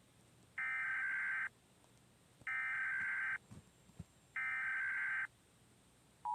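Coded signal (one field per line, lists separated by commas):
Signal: Emergency Alert System (SAME) tones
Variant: header bursts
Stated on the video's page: Fictional EAS scenario about a submarine war.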